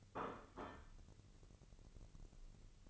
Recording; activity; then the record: daily activity, microphone in the room; place plate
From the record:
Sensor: 4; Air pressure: 1008.3 hPa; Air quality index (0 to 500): 81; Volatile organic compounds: 1 ppm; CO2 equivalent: 649 ppm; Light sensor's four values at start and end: 14/33/13/13 and 14/33/13/13